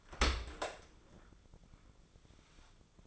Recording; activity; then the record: daily activity, microphone in the room; open dishwasher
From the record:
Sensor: 5